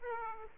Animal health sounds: mosquito wingbeat signal from an infrared sensor; Aedes aegypti

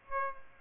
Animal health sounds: mosquito wingbeat signal from an infrared sensor; Aedes aegypti

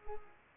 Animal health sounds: mosquito wingbeat signal from an infrared sensor; Culex pipiens

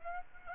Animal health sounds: mosquito wingbeat signal from an infrared sensor; Aedes aegypti

